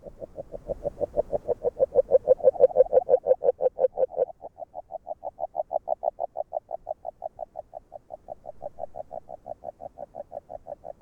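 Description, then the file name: Agile frog call, a long run of rapid, regular knocking notes, loudest early on, then continuing evenly and somewhat softer. Hungary. "Magyarorsz g B kahangjai - Erdei beka Agile Frog"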